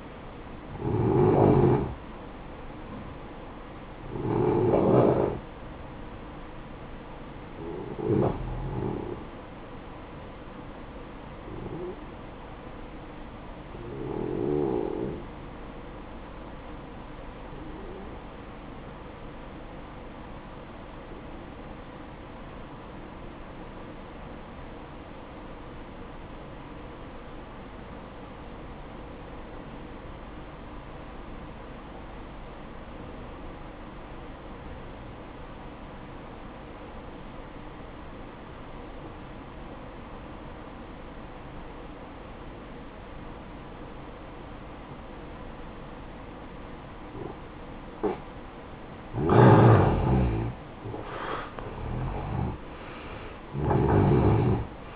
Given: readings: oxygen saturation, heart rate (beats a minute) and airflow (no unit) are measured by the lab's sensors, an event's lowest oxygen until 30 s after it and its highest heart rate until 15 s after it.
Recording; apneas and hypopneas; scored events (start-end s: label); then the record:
breathing in sleep by a voice recorder at the bedside; 1
22.00-50.10 s: obstructive apnea (N1, oxygen 95% highest, then 87% lowest, heart rate 56 at the start, 69 highest)
30.00-54.96 s: new sleep stage, N2 (light sleep)
From the record:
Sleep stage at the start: N1 (lightest sleep); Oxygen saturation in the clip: 87 to 95%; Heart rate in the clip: 54 to 66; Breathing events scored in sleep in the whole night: 573 in 9.8 hours asleep